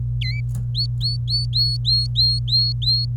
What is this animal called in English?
Domestic Canary